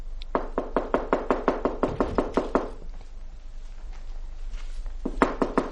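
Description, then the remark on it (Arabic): Someone raps on the door of a summer house in a wooded coastal area, demanding to be let in, in a quick, steady run of about a dozen sharp knocks, pauses through a low rustling stretch, then starts knocking again just as briskly. “من بالخارج؟ أنا. افتحي الباب.”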